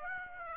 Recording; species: mosquito wingbeat signal from an infrared sensor; Aedes aegypti